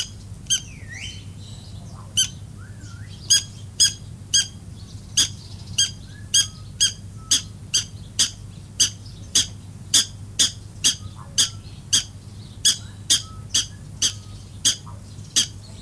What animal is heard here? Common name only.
Black-tailed Prairie Dog